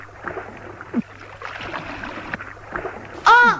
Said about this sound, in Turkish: O da ne? Birisi yüzüyor ırmakta.